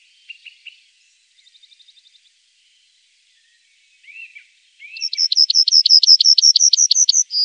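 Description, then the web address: Yellowhammer song: a few soft high notes first, then a long, fast run of repeated bright notes leading into a final note. "Faglar Sound Gulsparv"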